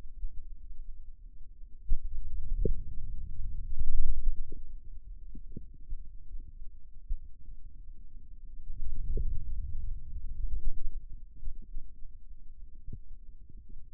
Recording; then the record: forearm muscle sounds (acoustic myography)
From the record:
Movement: ulnar deviation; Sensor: system 2, bracelet of six BSWA MPA416 microphones around the upper forearm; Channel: 3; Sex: male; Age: 22 years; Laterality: right